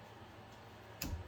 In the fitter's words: two see that cover that up i like it when i can feel two clicks i'm